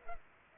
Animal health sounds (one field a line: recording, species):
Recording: mosquito wingbeat signal from an infrared sensor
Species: Culex pipiens